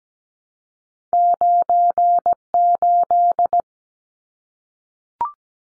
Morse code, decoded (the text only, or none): 98